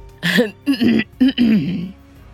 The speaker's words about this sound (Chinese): 看着我们这些年轻人，清了清嗓子。